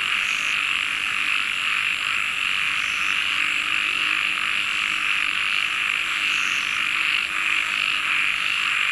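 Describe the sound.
Frogs calling in a dense, steady chorus of high trilling that runs unbroken through the whole stretch.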